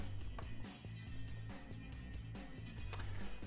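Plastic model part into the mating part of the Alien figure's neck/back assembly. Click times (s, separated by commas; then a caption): 2.9 s. After a small rod that was in the way is removed, a plastic part of a collectible Alien model is pushed into the mating part of the figure's neck/back assembly over steady background music. The parts snap together with a sharp click at 2.9 s, fitting right away and much more easily than before.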